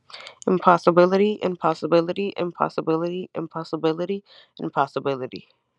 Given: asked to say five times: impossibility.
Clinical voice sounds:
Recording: repeated word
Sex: female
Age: 20 to 29 years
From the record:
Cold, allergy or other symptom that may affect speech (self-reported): no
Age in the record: 26 years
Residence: Florida, United States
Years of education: 16

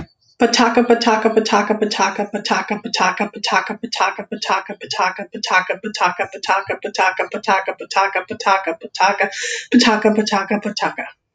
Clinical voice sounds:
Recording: repeated syllables /pa ta ka/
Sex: female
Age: 30 to 39 years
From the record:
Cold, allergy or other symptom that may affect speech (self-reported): no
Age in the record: 30 years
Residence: South Carolina, United States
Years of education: 12

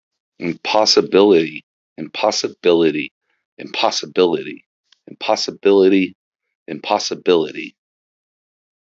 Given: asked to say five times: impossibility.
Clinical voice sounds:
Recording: repeated word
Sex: male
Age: 30 to 39 years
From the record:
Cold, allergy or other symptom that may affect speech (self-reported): no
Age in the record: 38 years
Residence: Oklahoma, United States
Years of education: 15

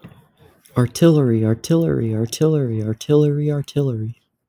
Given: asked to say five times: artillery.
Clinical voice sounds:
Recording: repeated word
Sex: male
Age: 20 to 29 years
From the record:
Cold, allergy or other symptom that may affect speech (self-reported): no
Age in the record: 20 years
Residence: Massachusetts, United States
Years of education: 13

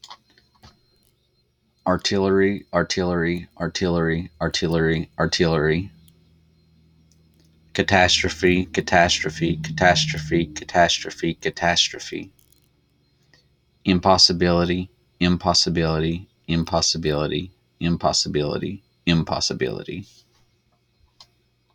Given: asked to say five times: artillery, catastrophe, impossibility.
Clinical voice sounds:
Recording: three words, each repeated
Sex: male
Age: 30 to 39 years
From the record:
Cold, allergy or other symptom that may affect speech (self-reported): no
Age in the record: 30 years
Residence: Kentucky, United States

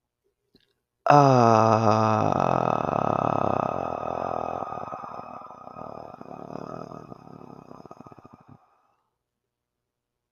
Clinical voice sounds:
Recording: vowel held as long as possible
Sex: male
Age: 30 to 39 years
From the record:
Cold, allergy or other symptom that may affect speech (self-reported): no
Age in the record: 35 years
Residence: Ohio, United States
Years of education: 13

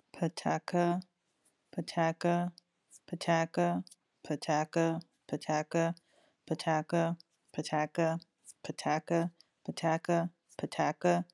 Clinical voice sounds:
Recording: repeated syllables /pa ta ka/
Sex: female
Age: 20 to 29 years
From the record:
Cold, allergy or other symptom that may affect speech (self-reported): yes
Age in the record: 28 years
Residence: California, United States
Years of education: 13

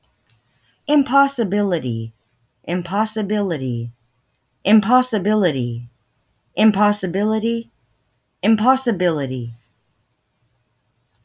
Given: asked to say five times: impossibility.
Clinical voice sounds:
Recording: repeated word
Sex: female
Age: 20 to 29 years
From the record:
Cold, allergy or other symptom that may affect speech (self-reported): no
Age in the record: 28 years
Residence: Texas, United States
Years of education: 16

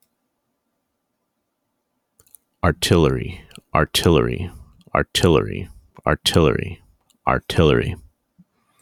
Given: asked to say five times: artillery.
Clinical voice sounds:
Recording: repeated word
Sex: male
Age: 30 to 39 years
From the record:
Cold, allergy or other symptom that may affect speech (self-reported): no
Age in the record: 36 years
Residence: Illinois, United States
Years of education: 16

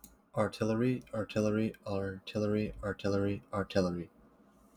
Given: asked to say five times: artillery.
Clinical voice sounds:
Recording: repeated word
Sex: male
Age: 20 to 29 years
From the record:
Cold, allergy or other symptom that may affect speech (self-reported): no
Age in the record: 20 years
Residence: Michigan, United States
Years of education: 12

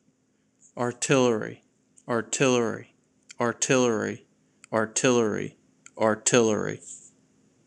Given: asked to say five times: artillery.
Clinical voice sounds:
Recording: repeated word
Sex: male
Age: 30 to 39 years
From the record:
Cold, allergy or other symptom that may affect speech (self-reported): no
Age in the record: 31 years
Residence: New Jersey, United States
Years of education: 16

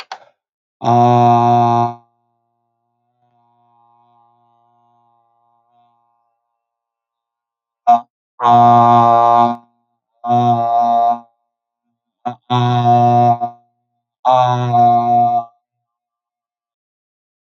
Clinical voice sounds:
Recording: vowel held as long as possible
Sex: male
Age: 20 to 29 years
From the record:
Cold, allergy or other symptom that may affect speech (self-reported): no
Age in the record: 24 years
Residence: New York, United States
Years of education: 16

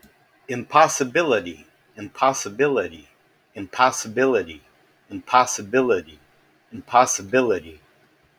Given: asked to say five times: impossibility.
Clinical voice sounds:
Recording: repeated word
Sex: male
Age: 60 to 69 years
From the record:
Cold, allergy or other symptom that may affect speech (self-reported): no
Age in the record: 60 years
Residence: Illinois, United States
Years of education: 16

